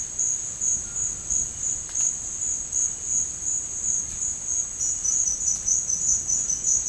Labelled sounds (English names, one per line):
none